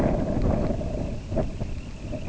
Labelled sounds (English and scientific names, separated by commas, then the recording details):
Semipalmated Sandpiper (Calidris pusilla)
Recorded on Arctic tundra, site IGLO-B, on 23 June 2018
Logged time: 11:59